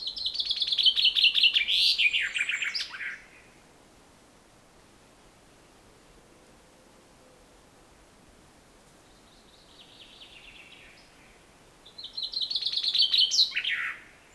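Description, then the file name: Common chaffinch song: two bright descending trills, each ending in a flourish, with a fainter phrase in the long gap between them. "Fringilla coelebs"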